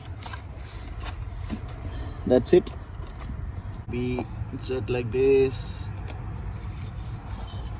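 A cover clip is being handled and positioned into its mount on the engine of a Toyota Auris Hybrid 1.8L at the end of an oil and filter change, while someone talks over a low background hum. Brief handling taps are heard, but nothing has seated or clicked yet.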